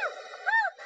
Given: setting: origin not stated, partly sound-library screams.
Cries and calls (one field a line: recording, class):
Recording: one-second piece from a danger detection set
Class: woman in danger